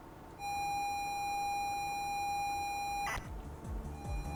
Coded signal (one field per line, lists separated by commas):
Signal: ZX Spectrum tape loading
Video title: The Sidbox - Part 2: Stereo 6ch 2SID. C64 and ZX spectrum Tape loading